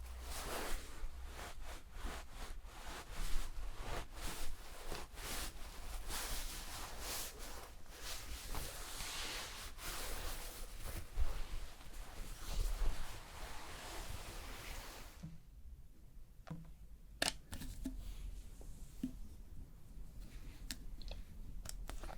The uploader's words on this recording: ASMR Relaxing Shampoo and Hair brushing ｜NO TALKING.